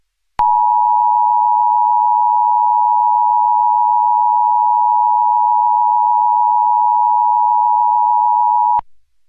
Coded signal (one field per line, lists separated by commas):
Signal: Emergency Alert System (SAME) tones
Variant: 853 and 960 Hz attention tone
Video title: EAS Mock: VistaLink's first ever NPT (2011)